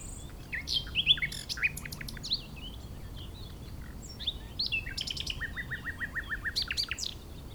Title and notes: Chindrieux, France - Rossignol. La saison des rossignols bat son plein